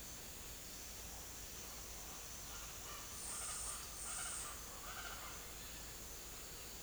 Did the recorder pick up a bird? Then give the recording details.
yes. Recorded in secondary vegetation near Puerto Asís, Putumayo, Colombia, on 22 December 2024 at 08:00. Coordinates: 0.489, -76.322. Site G059